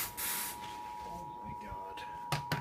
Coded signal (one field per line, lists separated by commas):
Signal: Emergency Alert System (SAME) tones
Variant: 853 and 960 Hz attention tone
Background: speech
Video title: EAS Alert #17: Severe Thunderstorm Warning for Hamilton and Marion Counties in Indiana.